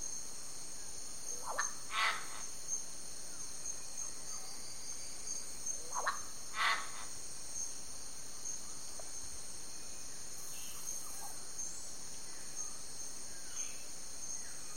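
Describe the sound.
Yellow-faced myna calling in two brief bursts of harsh, abrupt notes, the second pair around six seconds in, with constant high-pitched insect buzzing throughout.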